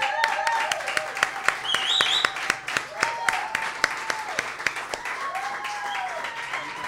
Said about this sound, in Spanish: Ahí quienes están escuchando por una radio Muchas Voces, por la 98.1, se escuchan los aplausos en la sala.